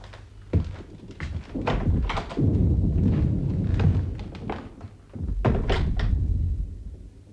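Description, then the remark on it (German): Cannon fire: a string of heavy, deep booms and thuds at irregular intervals, each with a low rumbling tail over a steady low hum, with no voices. “Dieser Kanonendonner.”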